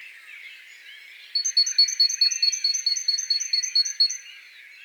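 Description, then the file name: Great tit song: a rapid, even series of many sharp, high notes, ringing and regular, with soft background hiss throughout. "Parus major"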